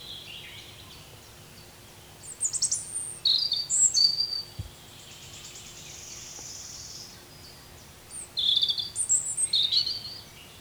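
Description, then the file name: European robin gives two bursts of bright, high-pitched warbling with thin whistles and quick trills, a quiet gap of several seconds between them. "Erithacus rubecula"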